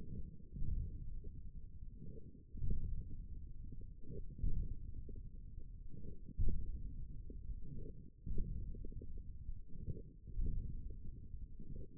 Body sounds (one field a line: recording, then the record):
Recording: forearm muscle sounds (acoustic myography)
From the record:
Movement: radial deviation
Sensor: system 1, eight BSWA MPA416 microphones around the upper forearm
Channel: 1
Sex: male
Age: 42 years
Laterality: right